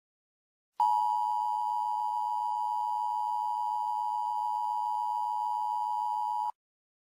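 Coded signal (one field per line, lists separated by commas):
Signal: Emergency Alert System (SAME) tones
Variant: 853 and 960 Hz attention tone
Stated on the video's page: Fictional prank EAS alert of a domestic nuclear attack on Los Angeles.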